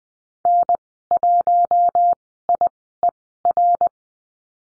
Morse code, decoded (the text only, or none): N1IER